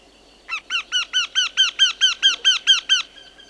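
Eurasian wryneck calling a fast series of about twelve loud, nasal notes, each arched in pitch and evenly spaced.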